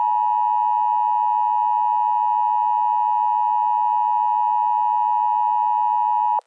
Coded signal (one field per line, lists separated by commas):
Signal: Emergency Alert System (SAME) tones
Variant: 853 and 960 Hz attention tone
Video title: DDLC Revolution - An EAS Scenario